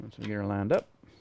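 Someone talks while a metal clevis pin is being lined up, its spring retaining clip about to be rotated down onto the pin's collar. Nothing has seated or clicked yet; the clip is only being handled.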